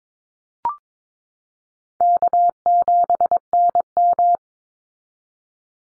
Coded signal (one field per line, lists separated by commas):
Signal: Morse code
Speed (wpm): 22 wpm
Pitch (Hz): 700 Hz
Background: none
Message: K7NM